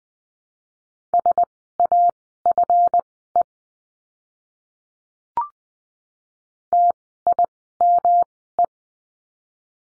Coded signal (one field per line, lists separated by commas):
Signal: Morse code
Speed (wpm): 20 wpm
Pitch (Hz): 700 Hz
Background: none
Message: SAFE TIME